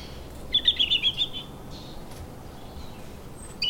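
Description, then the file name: European robin song: a brief, rapid phrase of thin, high twittering notes, then quiet with a few faint high sounds near the end. "Erithacus rubecula"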